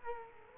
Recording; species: mosquito wingbeat signal from an infrared sensor; Culex quinquefasciatus